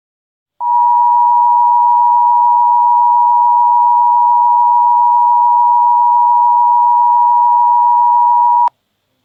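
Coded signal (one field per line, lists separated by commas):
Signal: Emergency Alert System (SAME) tones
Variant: 853 and 960 Hz attention tone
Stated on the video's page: Fictional EAS scenario; the alert is simulated, not a real activation.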